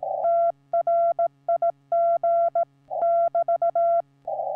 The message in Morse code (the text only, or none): TRIG <BT>